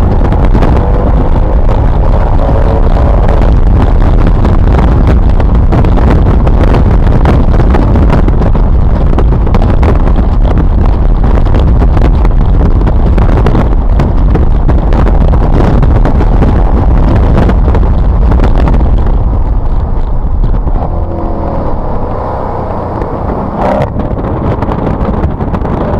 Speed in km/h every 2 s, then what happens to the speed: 129, 145, 155, 147, 142, 143, 140, 148, 158, 147, 114, 64, 58.
0-3 speeds up to 155. 13-17 speeds up to 158. 17-26 brakes to 58.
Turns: 6-14, 21-26.